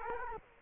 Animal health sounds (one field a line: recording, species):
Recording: mosquito wingbeat signal from an infrared sensor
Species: Culex quinquefasciatus